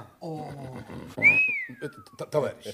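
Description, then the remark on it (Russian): A person lets out a single surprised whistle that jumps up sharply, then slides in a long downward glide, with people talking just before and after it. “Что за свист?”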